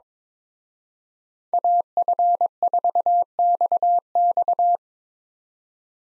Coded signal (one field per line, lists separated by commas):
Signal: Morse code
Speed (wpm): 24 wpm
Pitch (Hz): 700 Hz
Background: none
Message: AF4XX